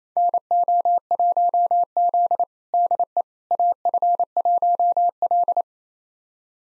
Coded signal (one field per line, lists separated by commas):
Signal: Morse code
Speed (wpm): 27 wpm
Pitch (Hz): 700 Hz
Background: none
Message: NO1Z DE AF1L